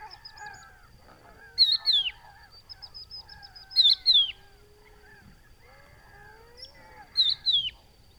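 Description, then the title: Crested lark giving plaintive whistled calls, paired sliding notes three times throughout, over a steady chorus of lower honking and chattering birds. Hidden adult calling to others of its kind in Camargue salt marsh, Etang du Vaccarès, 5 September 2020, about an hour after sunrise; plaintive whistled call; Nagra Seven, Telinga Pro7 parabola. "COCHEVIS DU VACCARES"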